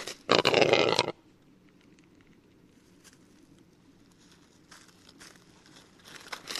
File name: Rackelhane